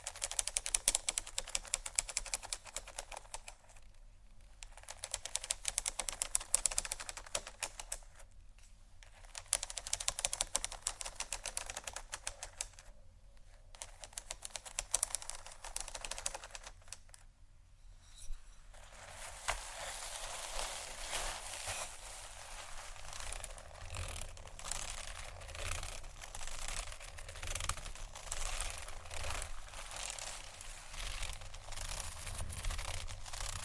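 Textured bags crinkle and rustle in dense, crackly bursts with brief pauses near 4, 8, 13 and 18 seconds, then continue steadily.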